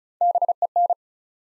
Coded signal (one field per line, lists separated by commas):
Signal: Morse code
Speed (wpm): 36 wpm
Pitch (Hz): 700 Hz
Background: none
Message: BEN